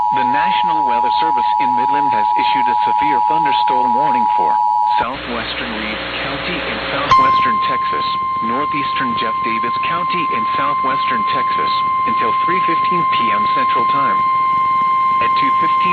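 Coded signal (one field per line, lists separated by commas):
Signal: Emergency Alert System (SAME) tones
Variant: 853 and 960 Hz attention tone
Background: speech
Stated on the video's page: Real EAS alerts received during a derecho in Siouxland.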